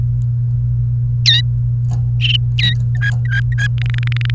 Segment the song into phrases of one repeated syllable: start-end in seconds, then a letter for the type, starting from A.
1.26-1.41 A, 2.58-2.73 A, 2.95-3.67 B, 3.77-4.35 C